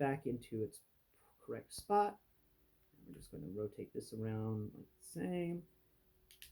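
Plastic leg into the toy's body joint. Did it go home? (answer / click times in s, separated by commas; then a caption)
yes / 6.3 s, 6.4 s. A plastic leg or paw of a transforming robot toy is rotated and plugged into its body joint while someone talks. Two quick, faint clicks at 6.3 s and 6.4 s mark the part seating into place.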